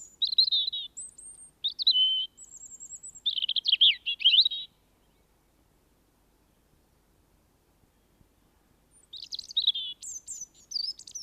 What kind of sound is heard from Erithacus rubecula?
song